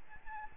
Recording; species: mosquito wingbeat signal from an infrared sensor; Aedes albopictus